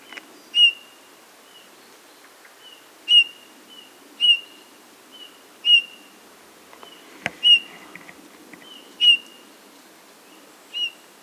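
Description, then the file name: Eurasian bullfinch calling with mellow piping whistles at uneven intervals, some fainter notes between them, and a sharp click partway through. "Pyrrhula pyrrhula"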